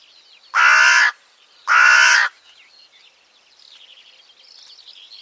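Bird producing two harsh caws in quick succession, then falling silent while faint high chirping and twittering of other birds carries on.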